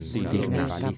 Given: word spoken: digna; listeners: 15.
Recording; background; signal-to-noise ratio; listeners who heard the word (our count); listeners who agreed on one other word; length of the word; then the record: one Spanish word in noise, from a listening test; four-talker babble; -2.7 dB; 3 of 15; 7 of 15; 0.58 s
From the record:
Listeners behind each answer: 7, 3, 1, 1, 1, 1, 1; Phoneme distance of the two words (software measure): 14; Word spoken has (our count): 2 syllables, 5 phonemes, stress on syllable 1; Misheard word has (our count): 3 syllables, 7 phonemes, stress on syllable 2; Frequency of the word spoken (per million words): 14.21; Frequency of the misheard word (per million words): 2.35